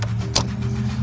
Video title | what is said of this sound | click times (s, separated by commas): How to Install a catch can | boom that click | 0.4 s